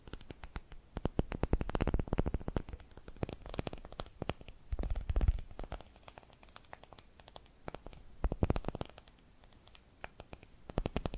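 Tapping and scratching sounds run throughout: dense, sharp clicks and taps arrive in quick, irregular clusters, with brief scratchy rubbing between them. Heavier bursts with a low thump come around two, five and eight seconds, and a soft hiss sits underneath.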